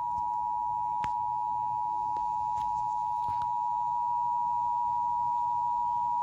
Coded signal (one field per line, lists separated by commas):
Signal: Emergency Alert System (SAME) tones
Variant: 853 and 960 Hz attention tone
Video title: Emergency Alert System Severe Thunderstorm Warning on TV at Nashville TN